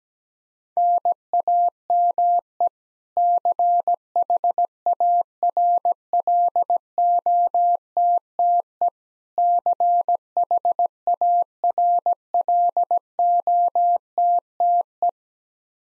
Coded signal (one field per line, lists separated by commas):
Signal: Morse code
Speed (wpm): 17 wpm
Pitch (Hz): 700 Hz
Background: none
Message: NAME CHARLOTTE CHARLOTTE